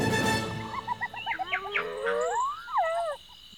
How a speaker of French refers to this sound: Jane entend les lions rugir au loin et les hyènes qui ricanent en se disputant leur proie.